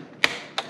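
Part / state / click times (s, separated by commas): laptop bottom cover into laptop base / seated / 0.2 s, 0.6 s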